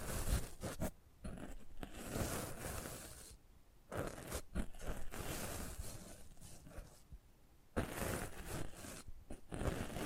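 ASMR close-up mic treatment: scratchy, crunchy scraping and rustling that comes in dense bursts lasting a second or several, broken by short near-silent pauses around 1, 3.5 and 7.5 seconds. The texture is rough and busy, spanning deep thuds to bright hiss.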